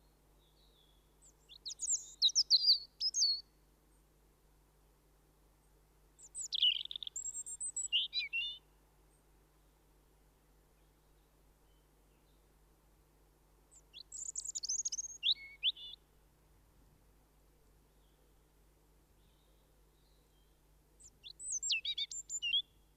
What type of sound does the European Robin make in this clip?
song